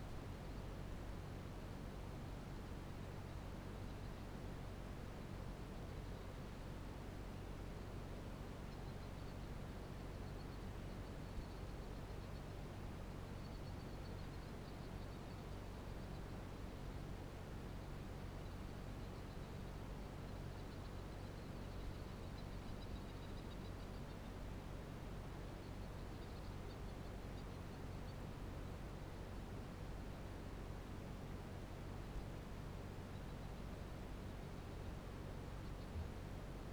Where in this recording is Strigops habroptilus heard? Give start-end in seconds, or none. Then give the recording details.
35.65-36.34. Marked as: faintness 5/5. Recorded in New Zealand. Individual Barnard